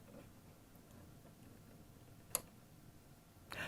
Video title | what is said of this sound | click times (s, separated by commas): Proper Bobbin Use | listen real carefully you will hear a click when the thread is in that's | 2.3 s